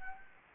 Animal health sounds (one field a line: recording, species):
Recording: mosquito wingbeat signal from an infrared sensor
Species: Anopheles gambiae